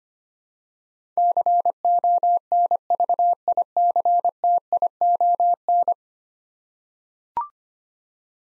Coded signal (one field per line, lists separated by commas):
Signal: Morse code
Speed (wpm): 25 wpm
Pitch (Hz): 700 Hz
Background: none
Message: CONVICTION